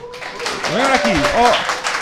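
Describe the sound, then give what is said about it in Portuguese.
A crowd claps and applauds steadily throughout for the holder of number 19, called forward for a prize, a dense, continuous patter, while a voice calls out over the clapping. “Logo aqui à frente, palmas, força!”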